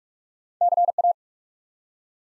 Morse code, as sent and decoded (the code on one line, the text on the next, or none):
-.-. .-
CA